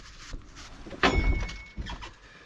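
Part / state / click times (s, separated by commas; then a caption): cab tilt lock on a compact track loader frame / seated / 1.0 s. After its retaining bolts are pulled out of their holes, the steel cab of a CAT 299D3 XE compact track loader is raised the rest of the way up until the cab tilt support engages on the frame. A strong metallic thunk at 1.0 s marks the tilt lock seating, followed by a rattling ring-out and a softer knock near 1.8 s. The cab is locked in place.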